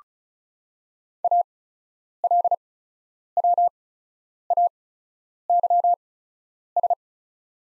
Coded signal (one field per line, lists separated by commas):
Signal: Morse code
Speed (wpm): 36 wpm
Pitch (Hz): 700 Hz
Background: none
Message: ALWAYS